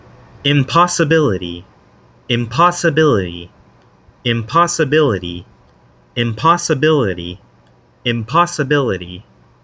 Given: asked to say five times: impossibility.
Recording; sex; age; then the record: repeated word; male; 20 to 29 years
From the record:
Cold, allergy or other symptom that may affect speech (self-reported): no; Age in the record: 21 years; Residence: Florida, United States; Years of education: 12